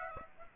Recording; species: mosquito wingbeat signal from an infrared sensor; Aedes aegypti